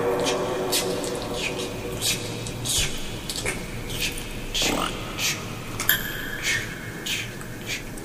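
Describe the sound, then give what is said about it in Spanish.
Scattered drips of water fall at an irregular pace in a dark, metallic sewer with water on the floor, each one ringing with a hollow, metallic echo over a steady low hum, with faint murmuring voices underneath. “Está medio metálico. Y oscuro. Medio raro. Hay como agua en el suelo.”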